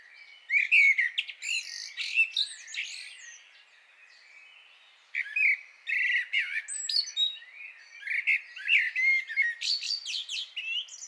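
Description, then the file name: Common blackbird song: two long bouts of mellow low notes mixed with thin, high chattering twitters, a brief lull between them. "Turdus merula"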